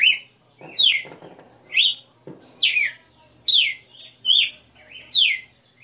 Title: Canto Galo Campina Fêmea 02. Galo de Campina 60 NOTAS Cantando Ao vivo